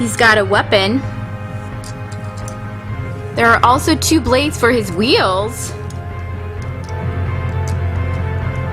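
Someone talks over background music while handling a plastic blade accessory at the wheel of a transforming robot toy. The blade has not yet snapped into place, and nothing has seated or clicked.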